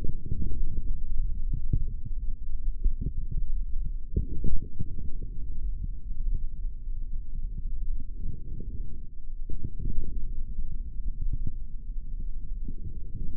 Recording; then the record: forearm muscle sounds (acoustic myography)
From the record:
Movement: forearm pronation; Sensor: system 3, bracelet of six PUI Audio POM-2738L microphones around the upper forearm, with dedicated amplification and filtering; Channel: 2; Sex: male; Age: 25 years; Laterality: right